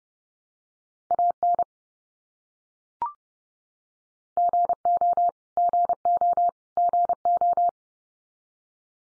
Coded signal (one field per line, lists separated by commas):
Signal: Morse code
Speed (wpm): 30 wpm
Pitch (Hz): 700 Hz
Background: none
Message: AN GO GO GO